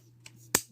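The larger plastic hip ratchet joint on a toy figure's back leg is moved through its roughly four locking positions, giving a faint click at 0.3 s and a much louder, sharp snap at 0.6 s over a steady low hum. The joint snaps and locks into its ratchet positions.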